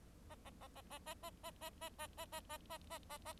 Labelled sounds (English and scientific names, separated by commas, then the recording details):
Bengalese Finch (Lonchura striata domestica) song
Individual Bird4